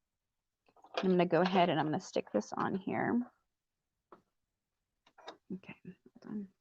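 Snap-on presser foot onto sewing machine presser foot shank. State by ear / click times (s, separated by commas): not seated / none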